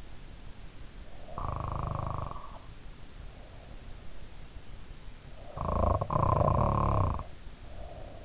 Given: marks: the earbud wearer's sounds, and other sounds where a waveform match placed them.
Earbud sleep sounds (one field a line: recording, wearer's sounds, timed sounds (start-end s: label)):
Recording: sounds in sleep by an in-ear microphone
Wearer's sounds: snoring breath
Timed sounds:
1.11-2.62 s: snoring breath
5.37-8.25 s: snoring breath